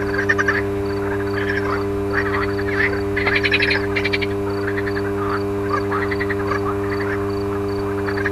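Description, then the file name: Frogs uttering bursts of harsh, clicking croaks separated by short pauses, above a persistent low transformer-like hum. Frogs recorded alongside a humming electrical transformer. "grenouilles et transformateur"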